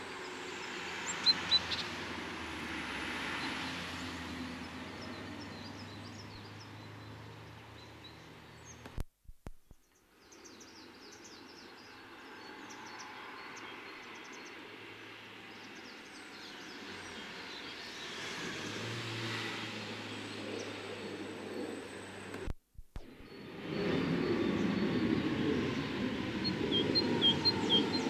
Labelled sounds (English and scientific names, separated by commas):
Great Tit (Parus major) call